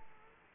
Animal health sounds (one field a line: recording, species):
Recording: mosquito wingbeat signal from an infrared sensor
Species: Aedes aegypti